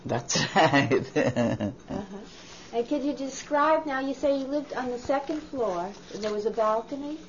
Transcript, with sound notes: That's right. ( she laughs )
And could you describe, now, you say you lived on the second floor, and there was a balcony.